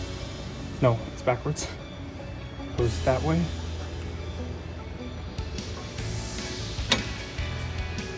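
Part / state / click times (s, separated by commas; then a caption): spring retaining clip into brake caliper/pad bracket / seated / 6.9 s. During a Honda brake pad replacement, a small spring retaining clip is turned the right way round and pushed into the brake caliper/pad bracket while someone talks. A sharp metallic click at 6.9 s marks the clip locking in place, seated.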